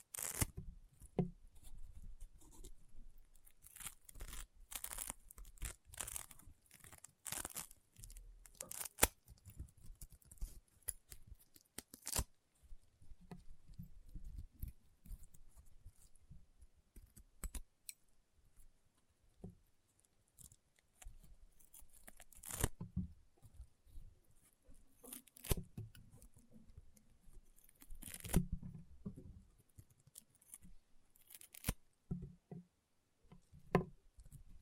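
Slime being squeezed and pressed gives off sharp crunchy pops and crackles, arriving in quick irregular clusters with brief quiet gaps between them. The bursts are bright and clicky, and the densest runs come early and again around the middle and end.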